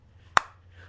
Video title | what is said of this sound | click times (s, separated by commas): How to do Oil Change on Chevy Trax! | to the cap. You'll hear a click. | 0.4 s